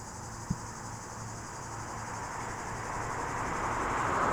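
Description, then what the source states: Cicadas making a steady high drone, with road traffic rumbling below and a single brief knock early on. Cicadas very active in the heat beside the RD 991 road near Lac du Bourget, cliff side, Entrelacs, France; vehicles passing on the new road.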